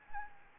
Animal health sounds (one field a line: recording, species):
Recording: mosquito wingbeat signal from an infrared sensor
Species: Anopheles gambiae